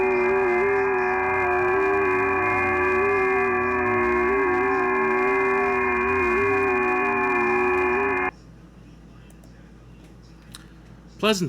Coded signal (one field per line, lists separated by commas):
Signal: FT8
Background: speech